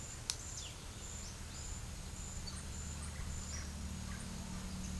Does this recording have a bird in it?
yes